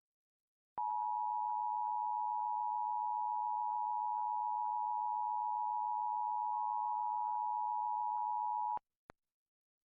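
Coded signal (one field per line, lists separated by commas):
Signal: Emergency Alert System (SAME) tones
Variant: 853 and 960 Hz attention tone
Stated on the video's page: Coastal flood warning for parts of Burlington, New Jersey, on a broadcast station.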